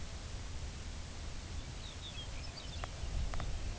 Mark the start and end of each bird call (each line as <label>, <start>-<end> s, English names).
Lapland Longspur, 1.47-3.66 s